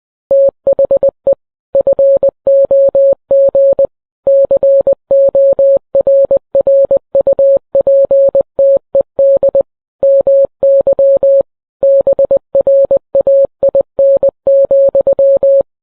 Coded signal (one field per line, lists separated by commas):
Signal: Morse code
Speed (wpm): 20 wpm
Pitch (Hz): 550 Hz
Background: none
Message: THE FOG CORRUPTED MY BRAIN,